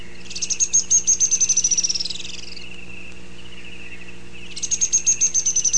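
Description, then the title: Grey-headed spinetail giving a high, thin, rapid trill that falls slightly in pitch, lasting about two seconds, then a second similar trill begins near the end; steady faint background hum. "LuckyPassaro Completos2Sama. Grey-headed Spinetail (Cranioleuca semicinerea)"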